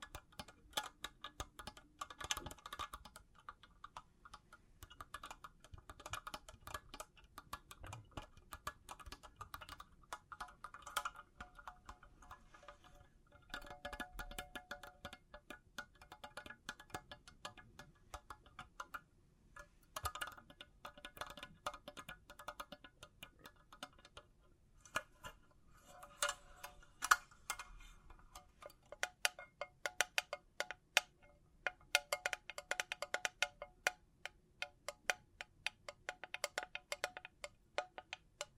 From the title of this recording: Bling Bling Triggers